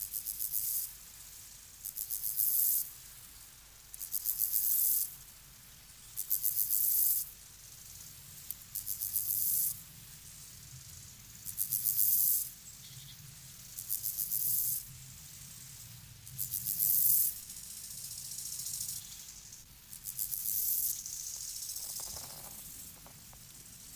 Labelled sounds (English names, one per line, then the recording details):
Steppe Grasshopper stridulation
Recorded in the wild
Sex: male
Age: imago
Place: Buchorster Teiche, Brandenburg, DE
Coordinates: 52.6736, 13.3908
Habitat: pond
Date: 1983-08-27 12:18
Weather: sunny, 21°C
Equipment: Nagra SN (Automatic), Sennheiser MKH 416 T, Kopie Uher 4000 Report Monitor
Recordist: Tembrock, Günter